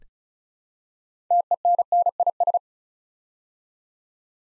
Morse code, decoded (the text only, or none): TENNIS